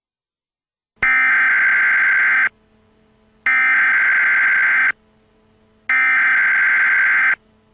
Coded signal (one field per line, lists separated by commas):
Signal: Emergency Alert System (SAME) tones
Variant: header bursts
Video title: EAS child abduction emergency NJ.